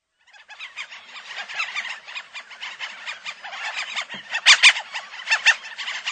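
Franklin's gulls calling in a dense chorus, many overlapping squealing notes, with louder calls standing out later.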